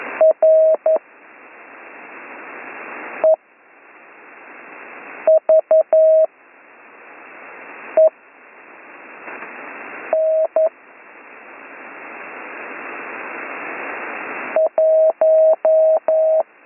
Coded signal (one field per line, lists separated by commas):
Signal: Morse code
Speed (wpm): 11 wpm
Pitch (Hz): 640 Hz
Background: none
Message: R E V E N 1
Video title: Slow Morse Code Course - Week 7 - Learn Morse Code